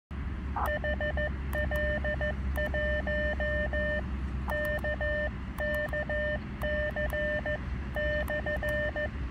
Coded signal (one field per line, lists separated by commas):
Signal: Morse code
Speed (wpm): 14 wpm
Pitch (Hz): 1800 Hz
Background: none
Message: HL1KKC /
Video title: HF antenna tuning in tight spaces.